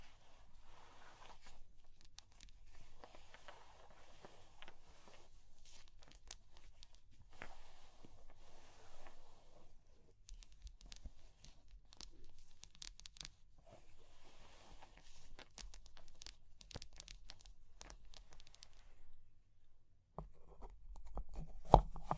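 Fire crackling with dense, irregular snaps and clicks, some scratching textures, and a low rumble that thickens and grows louder near the end.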